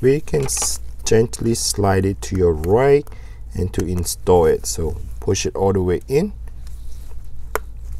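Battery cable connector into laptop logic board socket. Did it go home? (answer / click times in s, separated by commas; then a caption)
yes / 7.6 s. A laptop battery cable connector is slid to the right and pushed all the way into its logic board socket while someone talks. A sharp little click at 7.5 seconds marks the connector seating.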